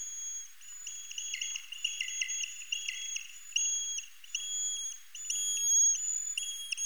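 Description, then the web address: Eastern horseshoe bat echolocation: dense, overlapping flat whistled tones, each closing with a short falling sweep, layered through the first half before the pulses become more spaced. "Rhinolophus megaphyllus"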